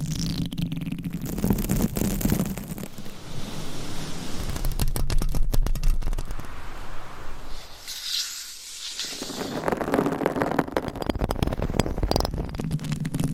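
Nails scratch a mic cover in dense, rough bursts with crackly clicks and a low rumble, briefly thinning to a hiss near eight seconds.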